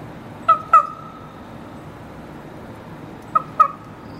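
Raven giving two pairs of quick squawks, separated by about two and a half seconds of quiet background hiss.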